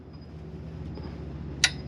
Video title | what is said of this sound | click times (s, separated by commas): 8th Gen Civic Si Front Suspension Overhaul Pt.2 | and it stops you'll hear it click | 1.6 s